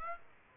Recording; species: mosquito wingbeat signal from an infrared sensor; Aedes aegypti